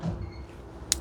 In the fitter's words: jusqu'à entendre un clic, et ensuite hop, voilà, tu peux rapprocher ça